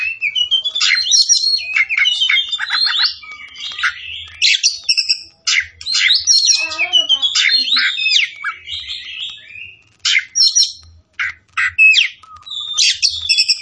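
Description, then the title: Oriental magpie-robin pouring out a rapid, continuous medley of sweet whistles, chattering notes and scratchy buzzes with few breaks, over faint low hum. Variety from Tretes; singing vigorously, described as gacor. "Kacer Tretes Gacor"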